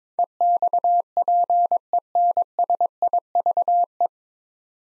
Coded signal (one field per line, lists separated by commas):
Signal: Morse code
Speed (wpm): 21 wpm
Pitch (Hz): 700 Hz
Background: none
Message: EXPENSIVE